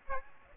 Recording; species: mosquito wingbeat signal from an infrared sensor; Aedes aegypti